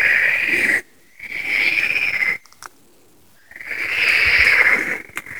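Frogs in a thick, buzzy chorus, the sound starting and stopping abruptly with silent gaps between bursts.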